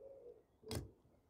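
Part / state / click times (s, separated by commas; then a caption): windscreen wiper blade onto wiper arm hook / seated / 0.7 s. A new plastic windscreen wiper blade on a Vauxhall Corsa D (Opel Corsa D) is rotated back into position on the metal wiper arm hook. It clicks securely into place at 0.7 s with a short, sharp snap. Before the click, a low hum is heard.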